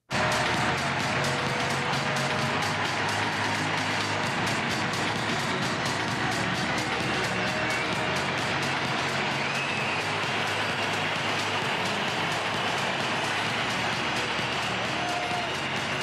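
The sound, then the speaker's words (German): A dense, steady roar of a large stadium crowd fills the whole stretch without letup, with a few scattered high whistles poking faintly through the din. “Es geht so ein bisschen immer in diesem Getöse auch da unter, man hört es trotzdem, vereinzelt die Pfiffe.”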